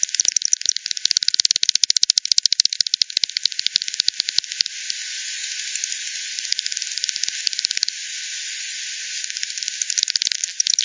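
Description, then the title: Bat calls as quick rattling clicks, strong early on, thinning to scattered ticks midway, then picking up again in bursts near the end. "WW bat 20201007 T 18 : 10 Z-Hogsmill-Lane-Hogsmill-River-multiple-bats"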